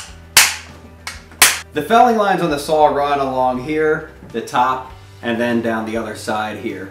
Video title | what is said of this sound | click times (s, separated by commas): Is Husqvarna 440 Chainsaw the best Review Husky 440e How to Start. vs Stihl MS-261 20” 18” starting | on each one of these and they will snap right in | 0.4 s, 1.4 s